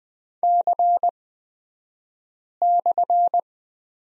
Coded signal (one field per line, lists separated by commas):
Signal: Morse code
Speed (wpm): 20 wpm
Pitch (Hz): 700 Hz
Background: none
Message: C/